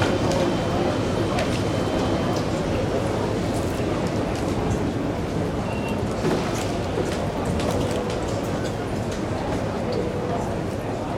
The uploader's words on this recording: AIRPORT TERMINAL. MyNoise Terminal.